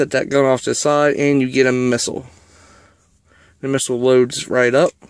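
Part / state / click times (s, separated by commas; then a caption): toy missile into the action figure's launcher / not seated / none. Someone talks while a plastic toy missile is handled for loading into the side-mounted gun launcher of a Transformers Combiner Wars Armada Megatron action figure, with a quiet stretch from about 2.2 to 3.6 seconds between the speech. The clip ends before the missile goes home, so nothing has seated or clicked yet.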